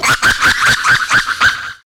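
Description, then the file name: Ring-tailed lemur yapping: about seven harsh, nasal barks in quick succession, roughly four per second, then silence. "Lemur catta--yaps"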